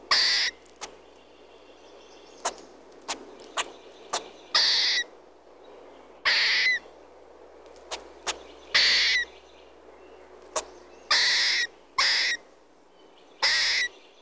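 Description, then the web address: Squirrel chirping in harsh, raspy bursts about half a second long, given irregularly, with sharp short clicks between them. "squirrel chirping birds in bg animal rodent"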